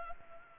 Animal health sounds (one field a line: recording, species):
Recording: mosquito wingbeat signal from an infrared sensor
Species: Anopheles gambiae